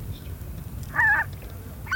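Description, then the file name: Greater white-fronted goose giving a single clear, high honk midway, another call starting at the end, over a low steady rumble. Flock chorus, made for an electronic hunting caller. "Белолобый базар Oche Lombardelle"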